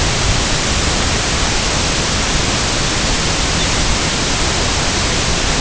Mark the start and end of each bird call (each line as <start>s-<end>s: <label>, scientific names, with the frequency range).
3.47s-3.76s: Pluvialis dominica (3.0-4.1 kHz)